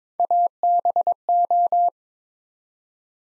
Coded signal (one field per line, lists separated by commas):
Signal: Morse code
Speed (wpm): 22 wpm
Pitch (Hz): 700 Hz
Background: none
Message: ABO